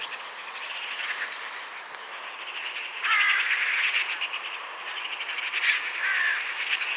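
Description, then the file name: Eurasian magpie: harsh, scratchy chattering in uneven rattled phrases. "Pica pica"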